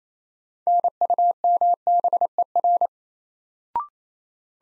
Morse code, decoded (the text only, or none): NUMBER